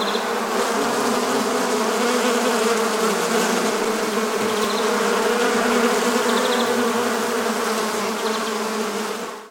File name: Honigbiene Summen